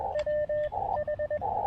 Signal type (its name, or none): Morse code